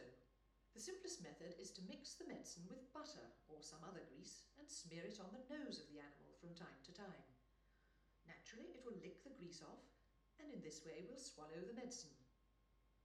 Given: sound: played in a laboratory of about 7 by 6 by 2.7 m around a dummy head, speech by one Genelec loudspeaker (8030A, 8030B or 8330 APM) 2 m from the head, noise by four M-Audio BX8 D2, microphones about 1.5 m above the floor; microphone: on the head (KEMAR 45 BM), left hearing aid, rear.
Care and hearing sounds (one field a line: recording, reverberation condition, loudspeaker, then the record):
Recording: female speech in English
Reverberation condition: medium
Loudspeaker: 30 degrees to the left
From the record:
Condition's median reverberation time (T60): about 510 ms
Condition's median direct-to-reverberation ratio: about -0.5 dB